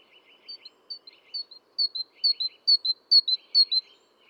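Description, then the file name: Great tit singing a clear two-note see-saw phrase again and again, growing louder, over soft buzzy chatter. "Parus major"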